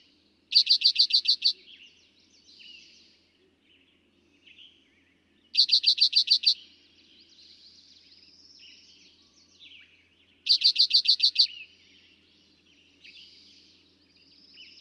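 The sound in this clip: Eastern towhee song heard three times, each an one-second rattle of clear, evenly spaced notes, repeated every five seconds amid soft birdsong.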